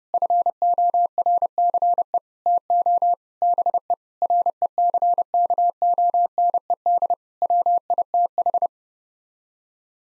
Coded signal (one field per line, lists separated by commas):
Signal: Morse code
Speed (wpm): 30 wpm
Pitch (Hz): 700 Hz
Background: none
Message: FORCE TO BE RECKONED WITH